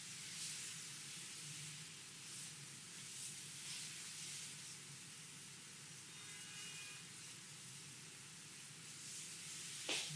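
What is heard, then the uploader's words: A Hawaiian lomi lomi massage: a steady, dense hiss of hands sliding over skin runs throughout, with soft swells every second or so over a low, even hum. Faint high tones flicker around six to seven seconds, and a sharp swish closes the clip. ASMR Hawaiian lomi lomi massage.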